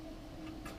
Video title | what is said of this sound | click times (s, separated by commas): R35 GT-R - Phase 2 Motortrend Hood Strut Install | put a little bit of pressure on it and it'll pop on. You'll hear it click. | 0.7 s